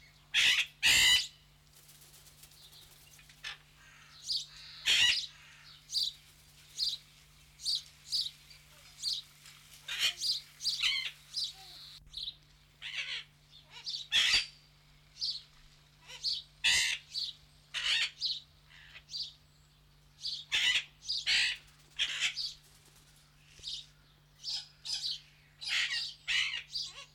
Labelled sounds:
Golden-collared Macaw (Primolius auricollis)
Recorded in captivity
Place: Zoo Berlin, Berlin, DE
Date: 1995-02-25 10:37
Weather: wolkig, 3°C
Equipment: Marantz CP 430, Sennheiser ME 80, Kopie Uher Variocord 263
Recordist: Tembrock, Günter

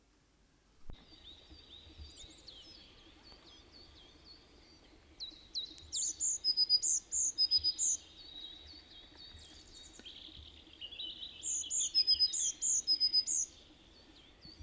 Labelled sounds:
Eurasian Blue Tit (Cyanistes caeruleus) song
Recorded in the wild
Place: Pfälzerwald, Haardt, Rheinland-Pfalz, DE
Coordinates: 49.319, 8.0837
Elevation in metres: 669
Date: 1976-04-20
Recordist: Tretzel, Erwin

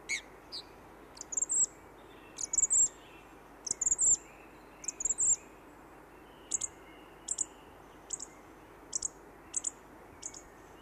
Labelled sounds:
Song Thrush (Turdus philomelos) song
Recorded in the wild
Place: Oberstdorf, Bayern, DE
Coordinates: 47.38, 10.2969
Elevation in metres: 881
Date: 1976-04-03
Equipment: Nagra IV, Sennheiser MKH 405, Parabolreflektor
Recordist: Tretzel, Erwin

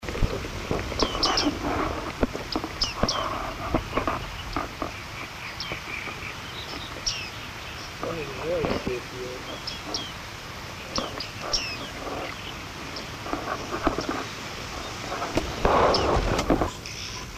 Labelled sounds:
Bearded Reedling (Panurus biarmicus) call
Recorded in the wild
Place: Sandeck, AT
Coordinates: 47.7364, 16.7706
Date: 1964-05-20
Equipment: Uher Report 4000, AKG D190
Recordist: Krey, Winfried

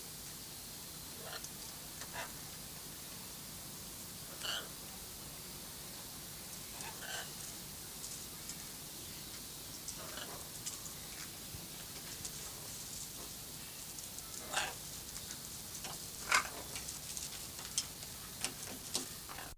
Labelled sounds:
Blue-and-yellow Macaw (Ara ararauna) call
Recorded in captivity
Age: adult
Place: Zoo Berlin, Berlin, DE
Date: 2003-09-16 17:22
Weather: heiter, 25°C
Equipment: Fair Mate ST-1328 (Asahi Electronics, Japan), Sennheiser ME 80, Kopie Uher 4000 Report Monitor
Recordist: Tembrock, Günter
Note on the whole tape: Zwei Tiere beim Klettern am Gitter: Laute

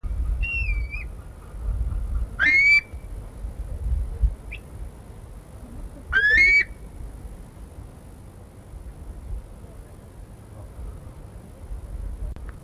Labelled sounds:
Grey Plover (Pluvialis squatarola) call
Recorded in captivity
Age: adult
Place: Tierpark Berlin, Berlin, DE
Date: 1961-10-07
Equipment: Minifon, Kopie Smaragd
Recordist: Tembrock, Günter

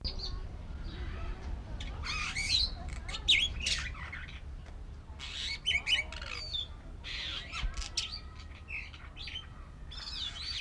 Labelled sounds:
Superb Starling (Lamprotornis superbus)
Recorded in captivity
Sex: male
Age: adult
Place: Zoo Berlin, Berlin, DE
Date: 1994-05-21 12:28
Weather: heiter, 12-16°C
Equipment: Marantz CP 430, Sennheiser ME 80, Kopie Uher Variocord 263
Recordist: Tembrock, Günter

